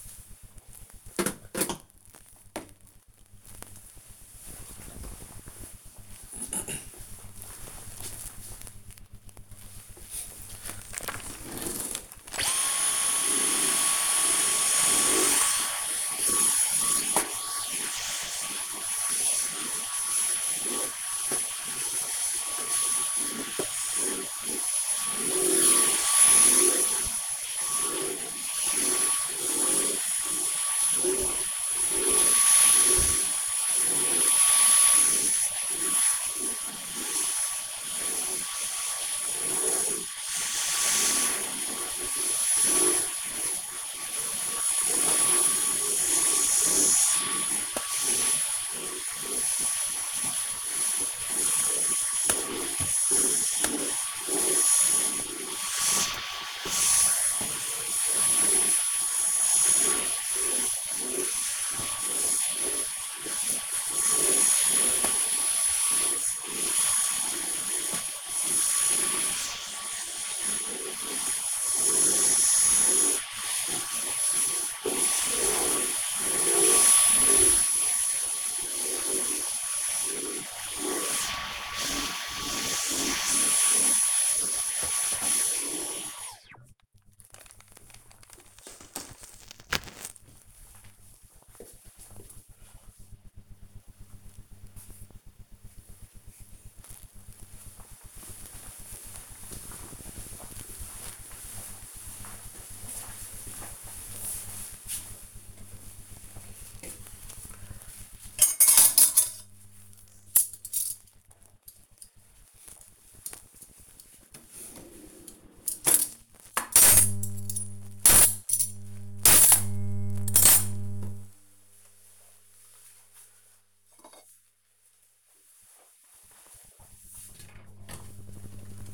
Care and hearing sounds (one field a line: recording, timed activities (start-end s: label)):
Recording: household activities, microphone on the right wrist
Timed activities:
8.64-86.15 s: vacuum cleaning
105.29-128.94 s: putting away the dishes